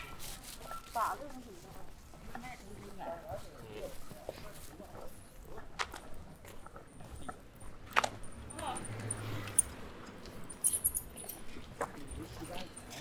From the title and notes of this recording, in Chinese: 去香饵胡同吃小面。城市声音。录音时间是2020年11月13日下午。